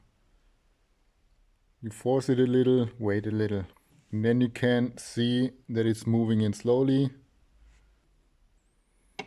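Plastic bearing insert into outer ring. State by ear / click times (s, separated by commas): not seated / none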